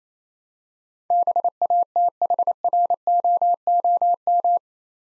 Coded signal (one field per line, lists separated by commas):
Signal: Morse code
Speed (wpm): 27 wpm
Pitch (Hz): 700 Hz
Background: none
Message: BATHROOM